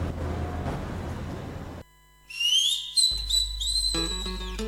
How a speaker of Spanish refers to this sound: Ahí, qué silbido, ¿no? Para decir, ¿lo llamamos así a los colectivos?